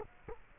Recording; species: mosquito wingbeat signal from an infrared sensor; Culex quinquefasciatus